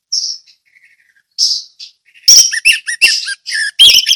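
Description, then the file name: Orange-headed thrush song opening with a few soft whistled notes, then a rapid run of loud, crisp chattering syllables. Ngeplong song style. "anis merah ngeplong"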